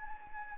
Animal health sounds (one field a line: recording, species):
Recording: mosquito wingbeat signal from an infrared sensor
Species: Anopheles gambiae